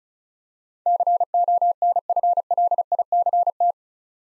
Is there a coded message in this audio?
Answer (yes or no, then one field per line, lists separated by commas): yes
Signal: Morse code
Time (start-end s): 0.9-3.7 s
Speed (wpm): 34 wpm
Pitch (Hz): 700 Hz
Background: none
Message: CONFLICT